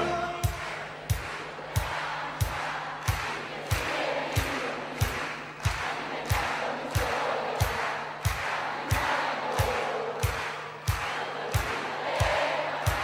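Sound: audience clapping along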